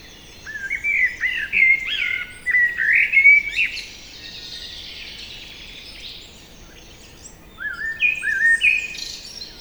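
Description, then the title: Common blackbird song: several rich whistled notes followed by squeaky high twitters, a pause of a few seconds, then another fluted phrase. Common blackbird singing trills from a tree beside a lake in Magnieu, France, during the evening chorus; Sennheiser MKH8040 stereo ORTF microphones, Zoom F8 recorder. "Lac de Barterand - Magnieu, France - Chorus du soir"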